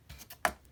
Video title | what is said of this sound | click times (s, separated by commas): Amazing yamaguchi Revoltech Deathstroke Figure Review | Nelson with the stick you come with the stick holder so this would click in the back of the stick and then | 0.5 s